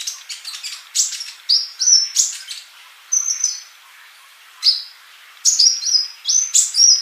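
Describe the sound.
Bird song with sharp high chirps and clear whistled notes in bursts, a longer pause midway before the phrases resume.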